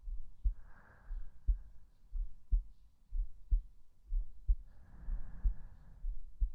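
Steady low thumps repeat about once a second, roughly 60 beats a minute, in an even rhythm. It is a normal adult heartbeat picked up with the microphone held over the heart on the chest, with two soft breaths audible in the background.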